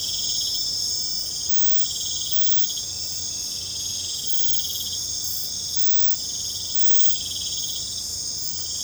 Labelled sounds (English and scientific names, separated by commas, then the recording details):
none
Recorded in secondary vegetation near Puerto Asís, Putumayo, Colombia, on 26 December 2024 at 22:30
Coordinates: 0.499, -76.323
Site G010